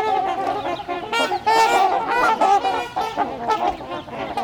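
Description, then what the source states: Trumpeter Swan flock honking: continuous overlapping brassy honks from many birds, rising and falling in loudness in waves. Wintering flock in Ontario being fed by a person named Sam; half of the flock missing out on the feeding.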